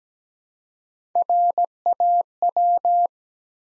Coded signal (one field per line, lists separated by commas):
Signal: Morse code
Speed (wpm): 17 wpm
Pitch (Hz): 700 Hz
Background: none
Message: RAW